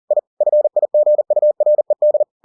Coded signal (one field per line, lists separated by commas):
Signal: Morse code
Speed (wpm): 40 wpm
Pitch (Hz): 600 Hz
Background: none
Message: I FIGURED